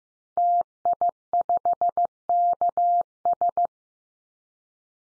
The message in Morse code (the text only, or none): TI5KS